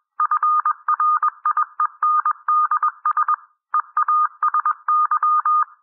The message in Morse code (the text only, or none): FRIENDS EASY